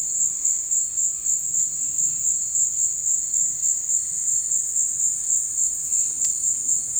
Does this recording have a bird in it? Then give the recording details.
no. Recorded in dense forest near Puerto Asís, Putumayo, Colombia, on 19 February 2024 at 17:30. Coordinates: 0.472, -76.329. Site G6394